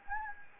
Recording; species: mosquito wingbeat signal from an infrared sensor; Anopheles gambiae